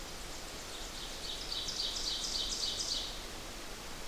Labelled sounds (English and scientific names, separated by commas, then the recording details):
Ovenbird (Seiurus aurocapilla) song
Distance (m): 40 m
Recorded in boreal forest in Alberta, Canada, on 8 June 2016 at 06:28
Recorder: SongMeter 3, array SBT-3-9
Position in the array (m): 50 m, 107 m
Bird 33